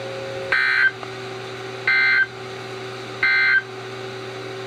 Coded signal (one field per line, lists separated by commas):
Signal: Emergency Alert System (SAME) tones